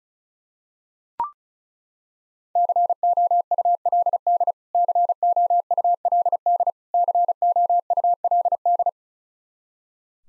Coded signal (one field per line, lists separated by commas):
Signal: Morse code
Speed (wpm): 36 wpm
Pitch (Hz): 700 Hz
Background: none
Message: COULD COULD COULD